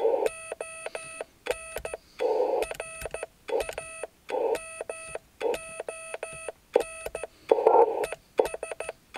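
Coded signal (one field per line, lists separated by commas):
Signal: Morse code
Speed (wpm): 14 wpm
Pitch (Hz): 2600 Hz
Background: none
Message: ON RAMON ES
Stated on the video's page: CW DX QSO on 28 MHz from a mobile station on a mountain ridge, sent by a learning operator.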